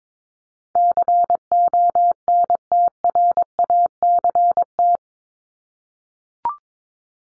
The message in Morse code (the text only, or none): CONTRACT